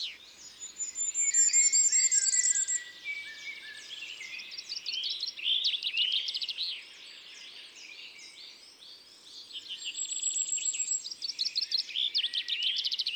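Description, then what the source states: Common firecrest song: thin, very high notes in several bursts, loudest near the start and again later. Recorded in Isère, France.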